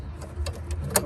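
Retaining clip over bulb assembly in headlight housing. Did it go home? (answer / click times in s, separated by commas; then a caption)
yes / 1.0 s. On an Audi TT, after the full-beam/sidelight bulb assembly is pushed back into the headlight housing, the retaining clip is brought back over it. Two fainter ticks at about 0.5 and 0.7 s are followed by a sharp, loud snap at 0.96 s over a low rumble. The clip is locked into place.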